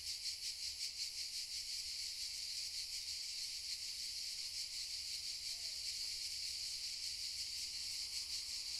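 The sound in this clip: Cicada chorus, a dense high buzzing that throbs in quick pulses throughout without pause.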